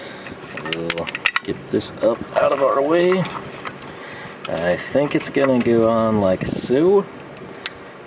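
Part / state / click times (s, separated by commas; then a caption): harness plug onto an oil pressure sending unit / seated / 7.7 s. Someone talks while pushing a plastic harness connector onto the oil pressure sending unit low on an engine, with a few short knocks early in the clip. A sharp snap at 7.7 s marks the connector seating, and it is locked into place.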